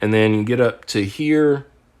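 A free-floating, magnet-held electronic lock insert is handled and moved up toward its housing while someone talks. Nothing has seated or clicked into place yet.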